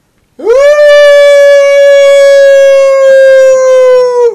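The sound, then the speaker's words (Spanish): A voice imitates a zombie wolf howl: one long, loud, sustained tone that swoops up quickly at the start and then holds steady with a slight downward drift, rich and siren-like, for about four seconds. “Aullido de los zombies hacen como... como una indigestión, ¿viste? Pero ponele un lobo zombie, a ver, a ver.”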